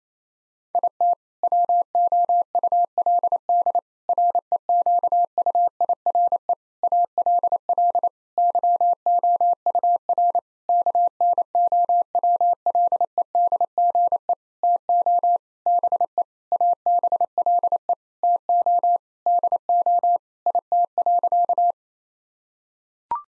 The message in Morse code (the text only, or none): IT WOULD REQUIRE ALL YOUR KNOWLEDGE TO BE ABLE TO DO IT.